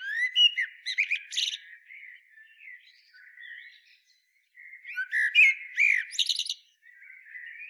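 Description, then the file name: Common blackbird song: two phrases of flute-like whistles topped with high squeaky trills, a soft pause of low warbling between them. "Turdus merula"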